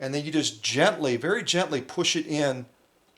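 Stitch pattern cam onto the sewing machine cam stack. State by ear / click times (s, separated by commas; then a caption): not seated / none. A plastic stitch pattern cam, slid over the shaft and rotated until it lines up with the holes, is being gently pushed onto the cam stack mount of a vintage sewing machine. The mount is a fragile plastic part only about 2 to 3 millimeters thick. Someone talks for about 2.7 seconds, then near silence follows with only a faint tick at 3.2 seconds, and the cam has not yet snapped into place.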